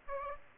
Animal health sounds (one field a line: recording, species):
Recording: mosquito wingbeat signal from an infrared sensor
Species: Aedes aegypti